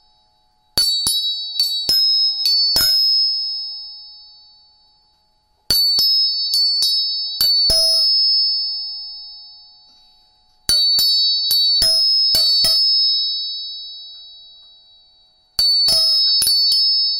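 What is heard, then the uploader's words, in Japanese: Tuning forks are struck in four bursts, about every five seconds, each a quick cluster of sharp metallic taps. High, bell-like tones ring out and fade slowly until the next strikes, with a fainter lower hum underneath and silence otherwise. 音叉チューニング3本。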